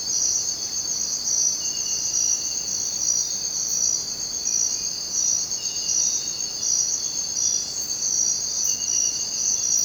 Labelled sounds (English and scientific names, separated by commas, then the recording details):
none
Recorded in dense forest near Puerto Asís, Putumayo, Colombia, on 23 June 2025 at 04:00
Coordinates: 0.484, -76.317
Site G045